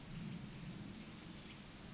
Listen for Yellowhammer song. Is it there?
no